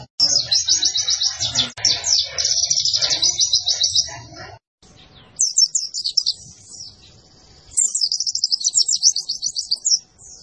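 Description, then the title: White-eye song: high, rapid twittering trills in three bursts separated by short quieter gaps, with a faint low hum underneath. Lively-singing white-eye, used as a training master for cage birds. "Pleci Gacor. Masteran Burung PLECI"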